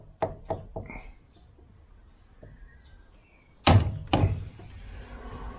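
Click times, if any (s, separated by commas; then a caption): none. A click-type torque wrench set to 30 Nm is pulled on the fuel filter housing bowl of a Fiat Ducato diesel to check how tight it is. A few light knocks come early in the clip, then two loud, sharp thunks at about 3.7 s and 4.1 s, followed by low rattling. The wrench has not clicked, meaning the housing was below 30 Nm.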